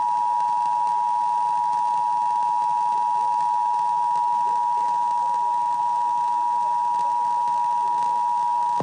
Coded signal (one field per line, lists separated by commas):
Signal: Emergency Alert System (SAME) tones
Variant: 853 and 960 Hz attention tone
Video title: EAS: IPAWS Weekly Test (2/8/21)(EAS #577)